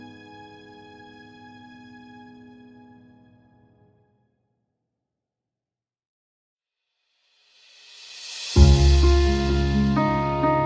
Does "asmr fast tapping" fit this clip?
no